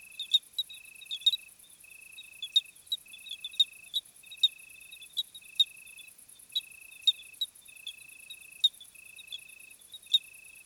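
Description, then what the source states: Cricket: high trills come in repeated phrases of under a second, while louder clicking chirps stand out irregularly above a constant very high insect buzz. Summer crickets on a hot night, 26 July 2020, 21:15, Plateau de Lesches-en-Diois; recorded with Nagra Seven and B&K omni microphone.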